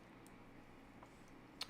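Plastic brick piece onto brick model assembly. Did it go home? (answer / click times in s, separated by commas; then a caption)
yes / 1.6 s. A plastic building-brick piece for a 2000+ piece Hulkbuster knockoff LEGO-style set (76066) is pressed onto the model assembly. A single sharp click at 1.6 s marks it snapping into place, and the piece is seated. Before that, only faint low background noise is heard.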